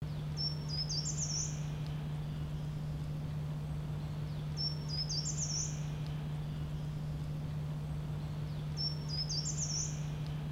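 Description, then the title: Short-toed treecreeper song: three brief, high, thin phrases of quick stepped notes climbing in pitch, repeated about every four seconds over a steady low electrical hum. "ventura rampichino comune"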